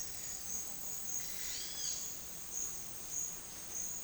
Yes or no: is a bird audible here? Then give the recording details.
yes. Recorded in pastures near Puerto Asís, Putumayo, Colombia, on 22 June 2025 at 11:30. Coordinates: 0.466, -76.322. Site GP07